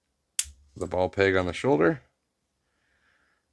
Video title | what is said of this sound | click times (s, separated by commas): Blokees Transformers Model kit Blind Box Reveal and build | hole there can now snap onto | 0.4 s